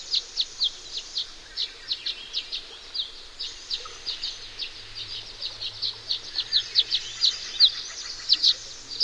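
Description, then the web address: Violet-green swallow calls, a stream of thin high chips and twitters, irregularly spaced. "Songs of Birds of North America Know Your Bird Sounds Common Western Species 44-Violet-green Swallow"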